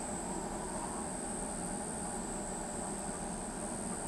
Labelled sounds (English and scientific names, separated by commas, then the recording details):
none
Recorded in pastures near Pivijay, Magdalena, Colombia, on 15 April 2023 at 20:00
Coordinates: 10.456, -74.369
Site P6-G026